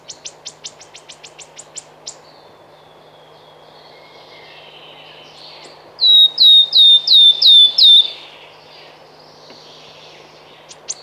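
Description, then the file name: Wood warbler singing: a row of sharp high ticks, then six loud plaintive whistles, with more ticks starting at the end. "Świstunka leśna"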